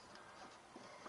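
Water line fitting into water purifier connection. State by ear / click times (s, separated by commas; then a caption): not seated / none. A water line fitting is handled at its connection on a hydrogen water purifier during installation. Only a steady, broadband rustling noise is heard, with no sharp transients, and nothing has seated or clicked yet.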